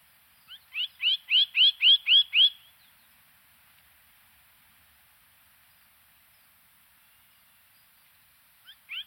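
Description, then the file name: Bird song: a quick series of about seven rising, whistled notes that swell in loudness, then long silence before a short two-note fragment. "chant oiseau"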